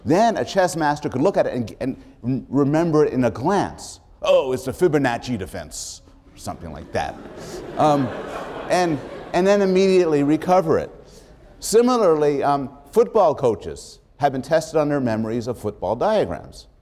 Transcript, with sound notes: then a chess master could look at it and remember it in a glance, "Oh. It's the Fibonacci defense" or something like, [laughs] and then immediately recover it. Similarly, football coaches have been tested on their memories of football diagrams.